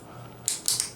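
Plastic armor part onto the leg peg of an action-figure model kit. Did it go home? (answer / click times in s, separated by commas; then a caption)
yes / 0.5 s, 0.7 s. A plastic armor part from an action-figure model kit is pressed onto a large peg on the leg. Sharp, bright clicks ring out at 0.5 s and 0.7 s, followed by a fainter tick. The part snaps solidly into place.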